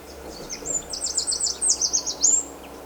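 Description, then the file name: Eurasian wren giving a rapid, very high, chattering trill of repeated sharp notes, over a faint low hum. "Troglodytes troglodytes"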